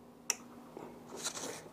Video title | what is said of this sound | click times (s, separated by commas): 2016 Can Am 650 Xmr ignition switch replacement | press it in to hear the lock click on and that should be on also | 0.3 s